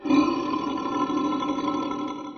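Animal growl, one steady harmonic growl held for about two and a half seconds, loudest early and fading at the end.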